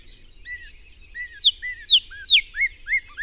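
Bird song of slurred chirps that grow louder, sharp high descending notes mixed with lower curving ones, faint twittering behind.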